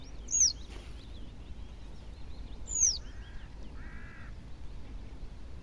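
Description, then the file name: Citrine wagtail: two sharp, high descending notes, followed by two short buzzy bursts, over steady hiss. "pliszka cytrynowa"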